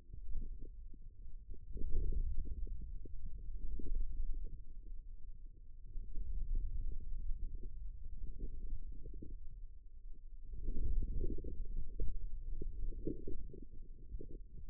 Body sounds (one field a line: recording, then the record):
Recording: forearm muscle sounds (acoustic myography)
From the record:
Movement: wrist flexion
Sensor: system 2, bracelet of six BSWA MPA416 microphones around the upper forearm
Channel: 3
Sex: male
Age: 22 years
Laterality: right